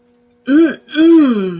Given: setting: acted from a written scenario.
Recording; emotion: vocal sound without words; contempt